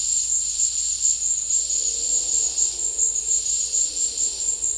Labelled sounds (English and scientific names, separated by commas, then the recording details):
none
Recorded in dense forest near Puerto Asís, Putumayo, Colombia, on 22 December 2024 at 16:30
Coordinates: 0.485, -76.318
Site GP03